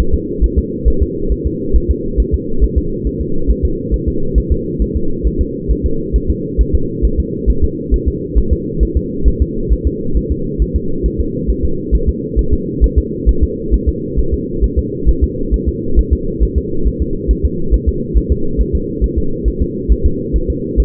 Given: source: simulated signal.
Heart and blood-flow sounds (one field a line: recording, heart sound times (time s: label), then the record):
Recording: fetal heart sounds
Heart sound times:
0.00 s: S1
0.14 s: S2
0.44 s: S1
0.58 s: S2
0.88 s: S1
1.02 s: S2
1.32 s: S1
1.47 s: S2
1.76 s: S1
1.91 s: S2
2.20 s: S1
2.34 s: S2
2.64 s: S1
2.78 s: S2
3.07 s: S1
3.21 s: S2
3.50 s: S1
3.65 s: S2
3.94 s: S1
4.08 s: S2
4.38 s: S1
4.52 s: S2
4.82 s: S1
4.96 s: S2
5.27 s: S1
5.41 s: S2
5.71 s: S1
5.86 s: S2
6.16 s: S1
6.30 s: S2
6.61 s: S1
6.75 s: S2
7.05 s: S1
7.19 s: S2
7.50 s: S1
7.64 s: S2
7.94 s: S1
8.08 s: S2
8.38 s: S1
8.53 s: S2
8.83 s: S1
8.97 s: S2
9.28 s: S1
9.42 s: S2
9.73 s: S1
9.87 s: S2
10.17 s: S1
10.32 s: S2
10.62 s: S1
10.76 s: S2
11.06 s: S1
11.20 s: S2
11.50 s: S1
11.65 s: S2
11.95 s: S1
12.09 s: S2
12.39 s: S1
12.54 s: S2
12.84 s: S1
12.98 s: S2
13.29 s: S1
13.43 s: S2
13.74 s: S1
13.89 s: S2
14.19 s: S1
14.34 s: S2
14.64 s: S1
14.79 s: S2
15.09 s: S1
15.24 s: S2
15.54 s: S1
15.68 s: S2
15.99 s: S1
16.13 s: S2
16.43 s: S1
16.58 s: S2
16.87 s: S1
17.02 s: S2
17.31 s: S1
17.45 s: S2
17.74 s: S1
17.89 s: S2
18.17 s: S1
18.32 s: S2
18.61 s: S1
18.75 s: S2
19.04 s: S1
19.18 s: S2
19.48 s: S1
19.62 s: S2
19.92 s: S1
20.06 s: S2
20.36 s: S1
20.50 s: S2
20.80 s: S1
From the record:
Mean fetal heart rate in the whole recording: 135 bpm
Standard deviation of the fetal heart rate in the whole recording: 3 bpm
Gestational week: 34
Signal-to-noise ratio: -8.1 dB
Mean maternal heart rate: 72 bpm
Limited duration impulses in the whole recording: absent